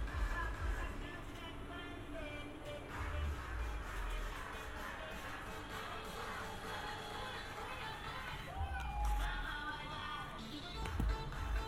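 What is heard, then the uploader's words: Amsterdam street scene in binaural: steady crowd chatter and voices over low rumbling traffic, with a few louder thuds and a brief rising whine. A binaural field recording from this past June in Amsterdam.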